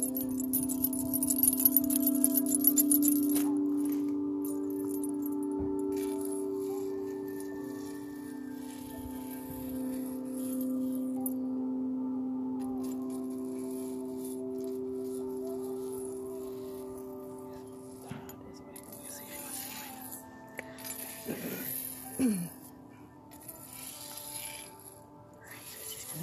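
Tibetan singing bowls hum with long, steady overlapping tones that slowly fade over the clip. A bright metallic jingle, like a bracelet or chimes, shimmers through the first few seconds and returns in short bursts near the end, where a brief sliding, meow-like cry appears.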